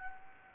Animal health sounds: mosquito wingbeat signal from an infrared sensor; Anopheles gambiae

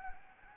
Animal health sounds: mosquito wingbeat signal from an infrared sensor; Anopheles gambiae

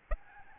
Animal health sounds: mosquito wingbeat signal from an infrared sensor; Aedes albopictus

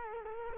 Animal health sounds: mosquito wingbeat signal from an infrared sensor; Culex quinquefasciatus

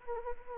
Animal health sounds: mosquito wingbeat signal from an infrared sensor; Anopheles arabiensis

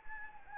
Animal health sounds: mosquito wingbeat signal from an infrared sensor; Anopheles gambiae

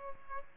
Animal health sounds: mosquito wingbeat signal from an infrared sensor; Aedes albopictus

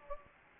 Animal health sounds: mosquito wingbeat signal from an infrared sensor; Anopheles gambiae

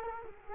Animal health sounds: mosquito wingbeat signal from an infrared sensor; Culex quinquefasciatus

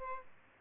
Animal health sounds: mosquito wingbeat signal from an infrared sensor; Aedes albopictus

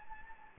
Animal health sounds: mosquito wingbeat signal from an infrared sensor; Anopheles gambiae

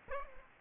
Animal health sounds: mosquito wingbeat signal from an infrared sensor; Aedes aegypti

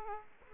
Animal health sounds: mosquito wingbeat signal from an infrared sensor; Aedes aegypti

